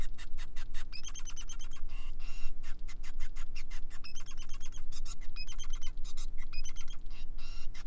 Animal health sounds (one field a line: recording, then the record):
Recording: song of a male Bengalese finch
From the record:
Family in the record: son of father 5